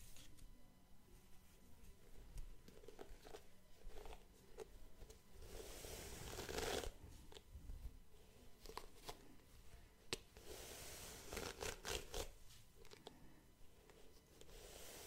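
Soft scalp and face massage sounds with brushing through hair, a steady hiss of bristles and fingers broken by quick tapping strokes. Louder brushing passes swell around six to seven seconds and again near eleven to twelve, over a faint low hum.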